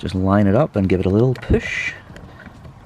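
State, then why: Seated. A small plastic trim cap is lined up and pushed into a car door card while someone talks. The cap clicks into place at 2.2 s with a short, sharp snap, needing almost no effort, and is seated.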